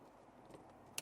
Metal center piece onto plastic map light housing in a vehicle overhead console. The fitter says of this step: just like that now once the center piece is done you want to make sure that it did pop onto those tabs on all four sides